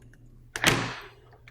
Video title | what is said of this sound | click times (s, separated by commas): GeneralAire 1000 Tune Up Kit Installation | and again the front part here is facing me it just snaps right in | 0.6 s